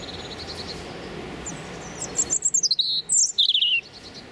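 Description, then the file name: European robin singing a short burst of very high, sharp, slurred notes that tumble downward, after a soft background chirping. Male singing territorial song. "European Robin Erithacus rubecula male singing his territorial song"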